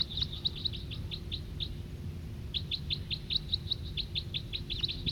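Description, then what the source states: Crossbill: quick runs of thin, high ticking notes that pause briefly and then resume, over a steady low rumble. Wild male that had been singing earlier, approaching the recordist in a gravel parking lot beside a road.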